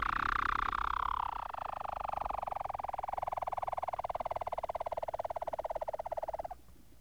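Whale call, a long pulsed moan that slides downward from a higher to a lower pitch and holds for about six seconds before cutting off.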